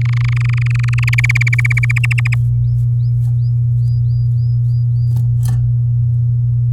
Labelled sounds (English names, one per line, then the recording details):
Domestic Canary song
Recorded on 6 May 2018 at 05:42
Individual llb16